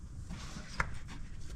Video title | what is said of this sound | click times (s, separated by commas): How to change your spark plugs on your Polaris rzr turbo xp/ 1000xp | So, if you heard the little click, you know, it's on there. | 0.8 s